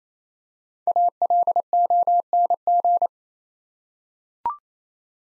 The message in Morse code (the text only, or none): ALONG